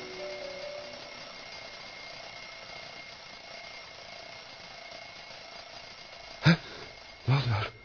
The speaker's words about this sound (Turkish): Bu ses de ne? Çalar saatin sesi Alexey Aleksandrovich.